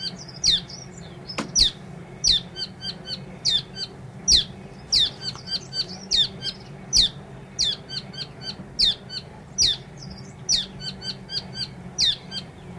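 South Island saddleback song: sharp downslurred chips alternating with clusters of quick stacked notes, repeated steadily throughout with a faint low background hum.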